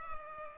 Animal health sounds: mosquito wingbeat signal from an infrared sensor; Culex pipiens

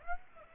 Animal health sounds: mosquito wingbeat signal from an infrared sensor; Aedes aegypti

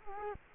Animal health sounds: mosquito wingbeat signal from an infrared sensor; Culex quinquefasciatus

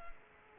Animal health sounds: mosquito wingbeat signal from an infrared sensor; Culex quinquefasciatus

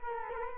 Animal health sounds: mosquito wingbeat signal from an infrared sensor; Culex quinquefasciatus

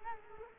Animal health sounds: mosquito wingbeat signal from an infrared sensor; Culex quinquefasciatus

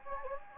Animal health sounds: mosquito wingbeat signal from an infrared sensor; Anopheles gambiae

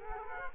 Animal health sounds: mosquito wingbeat signal from an infrared sensor; Culex quinquefasciatus

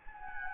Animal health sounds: mosquito wingbeat signal from an infrared sensor; Anopheles gambiae

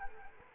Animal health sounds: mosquito wingbeat signal from an infrared sensor; Anopheles arabiensis

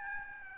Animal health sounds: mosquito wingbeat signal from an infrared sensor; Aedes albopictus

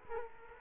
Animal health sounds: mosquito wingbeat signal from an infrared sensor; Culex quinquefasciatus

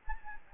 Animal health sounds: mosquito wingbeat signal from an infrared sensor; Anopheles gambiae

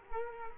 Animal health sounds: mosquito wingbeat signal from an infrared sensor; Culex quinquefasciatus

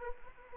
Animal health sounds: mosquito wingbeat signal from an infrared sensor; Anopheles arabiensis

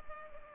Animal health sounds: mosquito wingbeat signal from an infrared sensor; Culex pipiens

